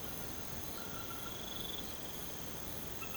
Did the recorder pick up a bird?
no